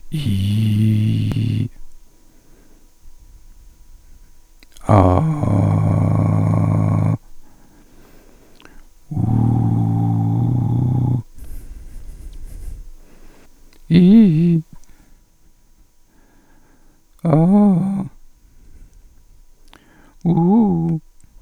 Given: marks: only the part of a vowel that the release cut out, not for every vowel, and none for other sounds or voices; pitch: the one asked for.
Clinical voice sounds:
sustained vowels; male; 40 to 49 years; 3; 2; 3
0.32-1.30 s: vowel /i/, low pitch
5.46-7.00 s: vowel /a/, low pitch
9.39-11.03 s: vowel /u/, low pitch
13.99-14.54 s: vowel /i/, low-high-low pitch
17.35-17.91 s: vowel /a/, low-high-low pitch
20.37-20.89 s: vowel /u/, low-high-low pitch
From the record:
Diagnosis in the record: recurrent laryngeal nerve paralysis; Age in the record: 46 years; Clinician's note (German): Strumiprive Rec.par. li mit guter Restbeweglichkeit

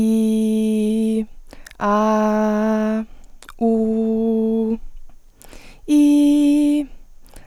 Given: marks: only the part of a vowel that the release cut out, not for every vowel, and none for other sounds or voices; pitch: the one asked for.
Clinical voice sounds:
sustained vowels; female; 20 to 29 years; 0; 0; 0
0.00-1.07 s: vowel /i/, normal pitch
1.91-2.91 s: vowel /a/, normal pitch
3.70-4.62 s: vowel /u/, normal pitch
6.04-6.74 s: vowel /i/, high pitch
From the record:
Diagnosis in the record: healthy voice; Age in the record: 20 years

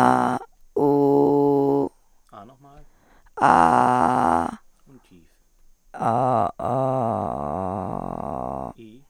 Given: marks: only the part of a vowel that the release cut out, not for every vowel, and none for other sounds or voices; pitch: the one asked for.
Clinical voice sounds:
sustained vowels; female; 20 to 29 years; 3; 3; 1
0.80-1.81 s: vowel /u/, high pitch
3.52-4.29 s: vowel /a/, high pitch
6.69-8.46 s: vowel /a/, low pitch
From the record:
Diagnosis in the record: hyperfunctional dysphonia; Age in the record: 28 years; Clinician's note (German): Ausgeprägt (eventuell noch unterschwellige Laryngitis)

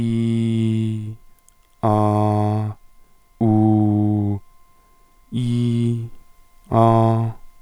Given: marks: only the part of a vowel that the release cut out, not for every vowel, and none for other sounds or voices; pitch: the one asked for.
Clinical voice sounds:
sustained vowels; male; 30 to 39 years; 1; 1; 1
0.00-0.95 s: vowel /i/, normal pitch
1.86-2.62 s: vowel /a/, normal pitch
3.44-4.30 s: vowel /u/, normal pitch
5.38-5.94 s: vowel /i/, high pitch
6.76-7.26 s: vowel /a/, high pitch
From the record:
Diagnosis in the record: intubation granuloma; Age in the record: 38 years

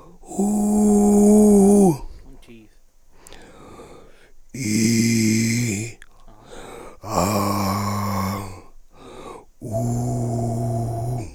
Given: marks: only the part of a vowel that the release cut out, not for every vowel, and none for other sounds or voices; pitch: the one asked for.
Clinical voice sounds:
sustained vowels; male; 30 to 39 years; 3; 3; 3
0.46-1.58 s: vowel /u/, high pitch
4.80-5.68 s: vowel /i/, low pitch
7.35-8.38 s: vowel /a/, low pitch
9.86-10.98 s: vowel /u/, low pitch
From the record:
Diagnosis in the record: laryngeal tumor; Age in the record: 38 years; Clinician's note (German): Riesiger KK-Tu links, transglottisch, 3-Etagen

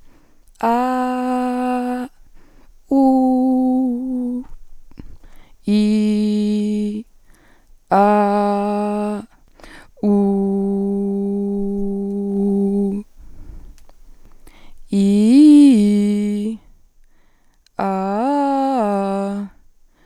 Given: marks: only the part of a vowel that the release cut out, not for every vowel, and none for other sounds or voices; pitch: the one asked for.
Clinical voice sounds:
sustained vowels; female; 20 to 29 years; 0; 0; 0
0.74-2.00 s: vowel /a/, high pitch
3.12-3.99 s: vowel /u/, high pitch
5.79-6.84 s: vowel /i/, low pitch
8.05-9.12 s: vowel /a/, low pitch
10.14-11.53 s: vowel /u/, low pitch
15.09-16.38 s: vowel /i/, low-high-low pitch
17.94-19.24 s: vowel /a/, low-high-low pitch
From the record:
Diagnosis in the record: healthy voice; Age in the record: 22 years

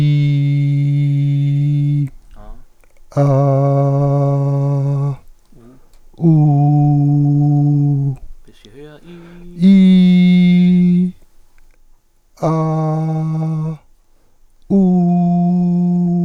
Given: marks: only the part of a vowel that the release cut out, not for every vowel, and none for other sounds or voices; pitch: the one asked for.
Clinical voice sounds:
sustained vowels; male; 40 to 49 years; 2; 1; 0
0.00-1.87 s: vowel /i/, normal pitch
3.30-4.76 s: vowel /a/, normal pitch
6.33-7.67 s: vowel /u/, normal pitch
9.79-10.76 s: vowel /i/, high pitch
12.53-13.56 s: vowel /a/, high pitch
14.90-16.01 s: vowel /u/, high pitch
From the record:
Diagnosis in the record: psychogenic dysphonia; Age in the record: 47 years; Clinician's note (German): Phonastetisch

